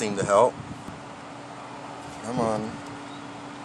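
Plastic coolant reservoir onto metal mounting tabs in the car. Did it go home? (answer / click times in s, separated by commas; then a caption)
no / none. A plastic coolant reservoir in a Ford or Mazda car is being handled and pushed toward its metal mounting tabs. Someone talks in two short bursts over a steady low hum. Nothing has seated or clicked yet.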